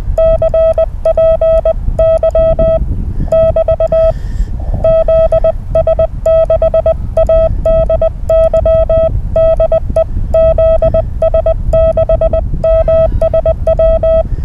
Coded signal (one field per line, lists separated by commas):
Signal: Morse code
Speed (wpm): 20 wpm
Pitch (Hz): 1300 Hz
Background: none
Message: CPY <BT> ZS6ADY DE ZS6MSW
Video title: Morse Code RaDAR 3rd April 2021